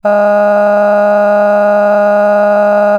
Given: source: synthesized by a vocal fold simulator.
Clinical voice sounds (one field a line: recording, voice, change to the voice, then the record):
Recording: sustained vowel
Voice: female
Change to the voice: cycle-to-cycle stiffness perturbation (roughness), level 4 of 10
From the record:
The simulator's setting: 2.46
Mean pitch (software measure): 206 Hz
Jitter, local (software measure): 1.13%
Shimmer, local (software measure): 8.6%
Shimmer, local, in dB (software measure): 0.75 dB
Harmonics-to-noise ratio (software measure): 18.3 dB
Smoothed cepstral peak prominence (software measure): 17.2 dB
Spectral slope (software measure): -21.9 dB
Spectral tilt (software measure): -10.8 dB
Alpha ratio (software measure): -12.3 dB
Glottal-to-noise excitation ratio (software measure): 0.967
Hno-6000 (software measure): 2.4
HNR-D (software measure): 35.0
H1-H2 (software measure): 4.0 dB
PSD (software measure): 4.9e-05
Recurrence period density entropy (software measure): 0.120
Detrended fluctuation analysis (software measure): 0.0277